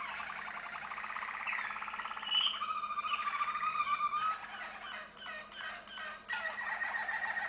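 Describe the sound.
Canary song made of continuous fast trills and rolls that shift in pitch, with brief breaks and stuttering notes before another rolling phrase starts.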